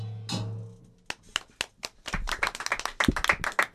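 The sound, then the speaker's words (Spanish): A crowd of people outside a radio studio clapping, starting with a few scattered claps and building into quick, dense applause, preceded by a brief low hum and a short vocal sound, during a carnival-style murga visit by Los Colifa de Caballito. “Está acá toda la gente aplaudiendo afuera porque esto es como un corso dentro de una radio.”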